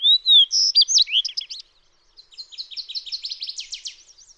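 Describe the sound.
Fox sparrow opening with loud, clear slurred whistles and sweet notes, followed by a softer, rapid series of high buzzy notes.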